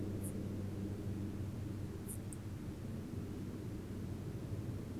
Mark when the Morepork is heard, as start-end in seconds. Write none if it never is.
none